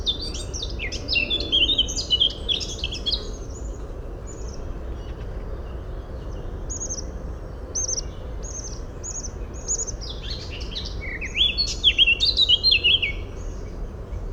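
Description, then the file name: Eurasian blackcap song: a hurried warble at the start, scattered single high notes through the middle, then another bright warbling phrase late on, with constant low rumble beneath. "Sylvia atricapilla"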